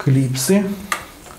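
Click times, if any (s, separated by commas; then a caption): none. A plastic cooler push clip is handled over its hole in a motherboard while someone talks, with a brief sharp transient near 0.9 s. Nothing has seated or clicked into place yet.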